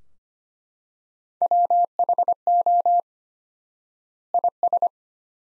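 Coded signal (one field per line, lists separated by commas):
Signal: Morse code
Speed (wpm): 25 wpm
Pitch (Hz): 700 Hz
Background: none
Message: WHO IS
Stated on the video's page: Morse practice sentences from the top 200 words at 25 wpm with 4x standard word spacing, a word-based Farnsworth-like method for head-copy practice.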